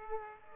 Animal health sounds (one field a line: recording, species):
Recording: mosquito wingbeat signal from an infrared sensor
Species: Aedes aegypti